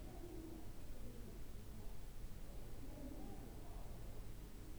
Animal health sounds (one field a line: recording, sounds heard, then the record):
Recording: poultry house recording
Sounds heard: no chicken sound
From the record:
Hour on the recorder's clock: 14